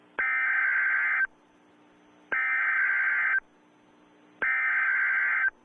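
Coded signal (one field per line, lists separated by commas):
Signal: Emergency Alert System (SAME) tones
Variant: header bursts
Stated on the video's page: Fictional EAS message imagining the Ten Plagues reenacted on a city in western Washington; not real.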